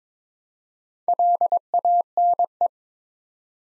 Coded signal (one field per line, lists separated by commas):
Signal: Morse code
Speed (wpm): 22 wpm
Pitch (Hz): 700 Hz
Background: none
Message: LANE